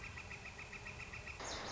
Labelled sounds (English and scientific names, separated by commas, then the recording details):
Northern Flicker (Colaptes auratus)
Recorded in Sonoma County, California